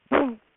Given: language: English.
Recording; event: throat vibration sensor signal played as sound; throat clearing